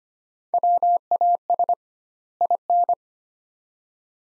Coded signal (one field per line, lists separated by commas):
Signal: Morse code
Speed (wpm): 25 wpm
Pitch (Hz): 700 Hz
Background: none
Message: WAS IN